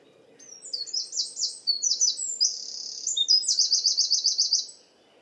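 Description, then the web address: Bird song: high, thin phrases of chirped notes, then a steady buzzy note and a fast, even trill, over a low background hum. "cianscape birddata Deverinetal 2025. Bird Only"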